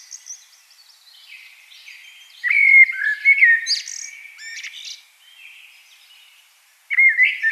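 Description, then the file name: Common blackbird song: a quiet start, then a loud warbled whistle run ending in sharp high twittery notes, and a fresh phrase starting at the end. "Turdus merula"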